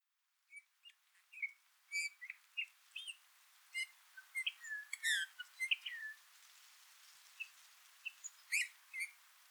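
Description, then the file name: Eurasian bullfinch uttering soft piping whistles and brief buzzy notes in an uneven series, with a faint background hiss. "Pyrrhula pyrrhula"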